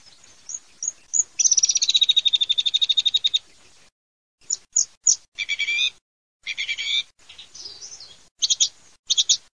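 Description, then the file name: Thrush giving a fast buzzy rattling trill, then broken bursts of high chattering and twittering phrases with short silent gaps between them. "TORDOSB"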